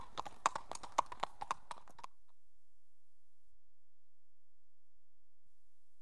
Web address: The BBC Sound Effects Library. Horses